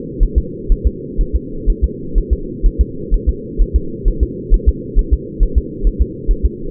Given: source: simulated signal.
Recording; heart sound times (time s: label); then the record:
fetal heart sounds
0.23 s: S1
0.38 s: S2
0.72 s: S1
0.87 s: S2
1.21 s: S1
1.36 s: S2
1.70 s: S1
1.84 s: S2
2.18 s: S1
2.33 s: S2
2.66 s: S1
2.81 s: S2
3.14 s: S1
3.29 s: S2
3.62 s: S1
3.76 s: S2
4.08 s: S1
4.23 s: S2
4.54 s: S1
4.69 s: S2
4.99 s: S1
5.13 s: S2
5.43 s: S1
5.58 s: S2
5.87 s: S1
6.02 s: S2
6.31 s: S1
6.45 s: S2
From the record:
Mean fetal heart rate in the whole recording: 130 bpm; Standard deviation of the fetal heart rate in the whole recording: 4 bpm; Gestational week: 38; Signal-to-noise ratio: -4.3 dB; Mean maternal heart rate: 72 bpm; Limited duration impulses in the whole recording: absent